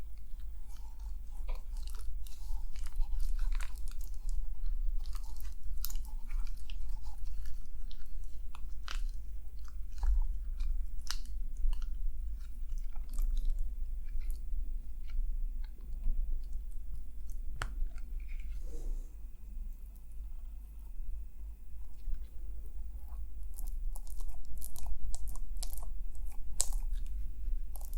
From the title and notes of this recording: ASMR Relaxing Scalp Massage + Hair Care Treatment head massage, scalp scratching + hair brushing.